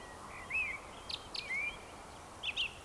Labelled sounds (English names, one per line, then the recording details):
Eurasian Woodcock whistle
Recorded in Baden-Württemberg, Germany, on 27 June 2020 at 19:49 UTC
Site 43791, 788 m above sea level